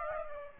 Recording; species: mosquito wingbeat signal from an infrared sensor; Aedes aegypti